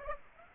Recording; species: mosquito wingbeat signal from an infrared sensor; Aedes aegypti